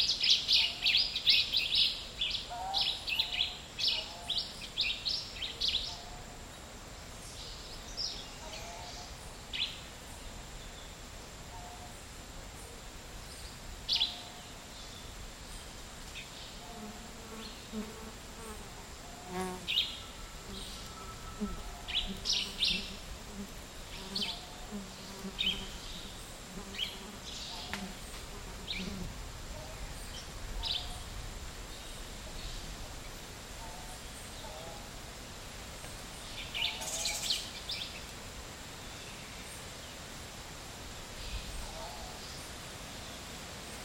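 Midday in a dry forest in Nosara, Guanacaste, with a steady high insect whine running underneath. Short bright chirps and calls come in bursts, busiest in the first few seconds and again around 17–25 and 37 seconds. A low droning hum passes between about 17 and 29 seconds.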